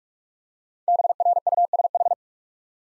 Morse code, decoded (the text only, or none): BRUSH